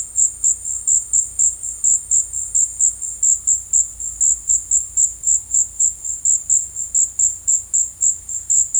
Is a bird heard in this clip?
no